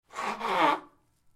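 A single adult sneeze lasting under a second: a short breathy intake-like onset, a brief catch, then a louder voiced, hissing burst that fades quickly. An ordinary, isolated sneeze with no repeated bursts.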